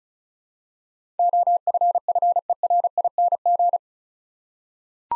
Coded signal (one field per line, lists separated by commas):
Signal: Morse code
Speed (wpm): 36 wpm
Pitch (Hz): 700 Hz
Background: none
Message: OFFERING